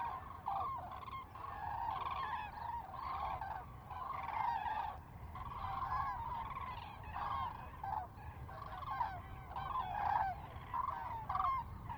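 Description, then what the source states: Common cranes giving loud trumpeting, rolling calls from a flock, in overlapping bursts repeated throughout, with steady low background rumble. Common cranes in a close fly-by at Lac du Der, France, recorded 10 January 2021.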